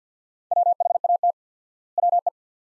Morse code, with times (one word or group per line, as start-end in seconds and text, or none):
0.5-1.3 WHAT
2.0-2.3 WE